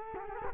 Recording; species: mosquito wingbeat signal from an infrared sensor; Culex quinquefasciatus